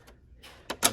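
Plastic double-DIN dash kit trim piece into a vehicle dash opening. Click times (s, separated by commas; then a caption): 0.7 s, 0.9 s. A cut-to-fit plastic double-DIN dash kit trim piece is pressed snugly into the dash opening between two pieces of a 2001–2003 QX4 / Platinum 2002–2004 Pathfinder. Two sharp plastic snaps ring out at 0.7 s and 0.9 s, the second louder and brighter, as the piece pops into place and seats.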